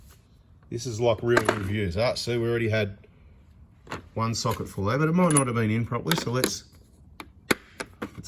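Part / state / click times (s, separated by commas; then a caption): socket into plastic tool case holder / seated / 7.2 s, 7.5 s, 7.8 s, 8.0 s. Someone talks while a socket that fell out of a tool kit case, possibly because it wasn't in properly, is pushed back onto its plastic holder clip in the case. Sharp clicks are heard at about 7.2, 7.5, 7.8 and 8.0 seconds as it seats firmly into the holder.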